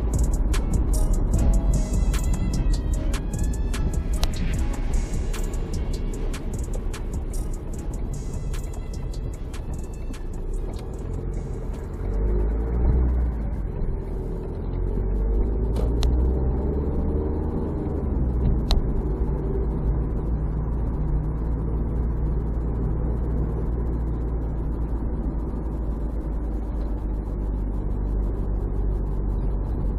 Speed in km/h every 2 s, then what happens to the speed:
39, 31, 20, 20, 15, 7, 14, 17, 31, 38, 42, 41, 41, 38, 34.
0-4 brakes to 20. 7-9 brakes to 7. 9-19 speeds up to 42. 19-24 steady at about 41. 24-30 slows to 34.